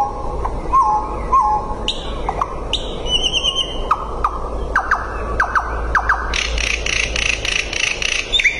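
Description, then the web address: Common nightingale song: soft whistles and sweeping notes building into a dense buzzy rattle at the end, over continuous background noise. "Sedaye Bolbol Hezar Dastan. صدای-بلبل-هزار-دستان"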